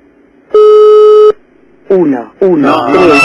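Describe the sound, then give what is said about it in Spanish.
A single steady, buzzy telephone line tone from an unanswered call to a cell phone sounds for under a second, then stops, followed by a man talking in a loud, lively voice. “Aparte era un celular. No hay nadie en la casa, parece.”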